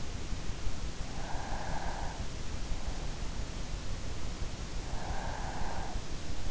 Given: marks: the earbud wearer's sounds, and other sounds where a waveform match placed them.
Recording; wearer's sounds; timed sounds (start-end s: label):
sounds in sleep by an in-ear microphone; breath
0.64-2.59 s: breath
5.04-6.36 s: breath